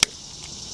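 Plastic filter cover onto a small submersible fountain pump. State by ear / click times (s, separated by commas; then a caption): seated / 0.0 s. After cleaning, the plastic filter cover of an AMZtime 15W solar water pump fountain, a small submersible pump, is lined up by its marks and slid onto the pump, cleaned to keep algae from blocking it. A single sharp, bright click is heard at 0.0 s, followed by a faint steady hiss. The filter cover is seated on the pump.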